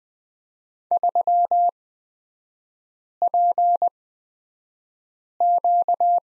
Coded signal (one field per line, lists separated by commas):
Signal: Morse code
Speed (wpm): 20 wpm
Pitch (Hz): 700 Hz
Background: none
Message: 3PQ